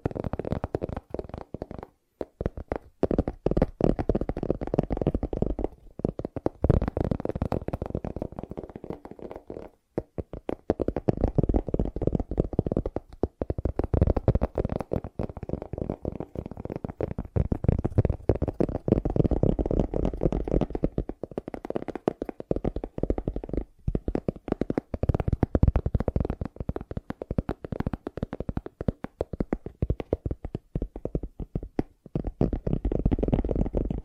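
Fast tapping runs almost continuously for the whole stretch, a dense patter of quick, low, thudding hits close to the listener. The rate stays rapid but uneven, broken by brief silent gaps near 2, 6, 10, 24 and 32 seconds before resuming.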